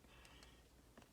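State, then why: Not seated. A microSD card is pushed with a fingernail into a dash cam's spring-latch card slot, giving a few faint, short ticks and scrapes at about 0.3, 0.4, 1.0 and 1.0 seconds. The card does not go in far enough to catch and comes back out, so nothing has seated or clicked yet.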